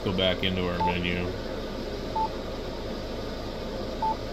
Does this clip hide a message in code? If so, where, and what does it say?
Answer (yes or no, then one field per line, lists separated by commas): no